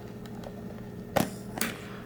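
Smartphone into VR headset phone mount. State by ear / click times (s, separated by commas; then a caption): seated / 1.2 s, 1.6 s. A smartphone is fitted into the front phone mount of a plastic Samsung Gear VR headset. Over a low steady background hum, two sharp, loud clicks ring out at 1.2 s and 1.6 s as the phone snaps into place and is seated.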